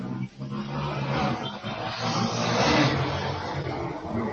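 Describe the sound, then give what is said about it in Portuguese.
A motorcycle engine, ridden along a street, revs loudly and continuously, a deep throaty rumble that swells into a harsher roar partway through, with a brief dip near the start. “No futuro, o Cole tá andando de um moto na rua de Mar de Estranha Serpenterra.”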